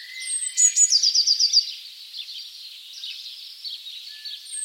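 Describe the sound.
Bird calling with a quick trill of several high, evenly spaced notes, preceded by a thin whistle, over a steady high background hiss.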